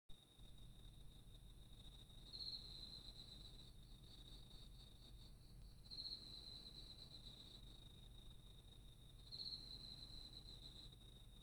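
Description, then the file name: Bell cricket song, a steady high ringing tone with louder bright bursts about every three and a half seconds, over a low background rumble. "スズムシ"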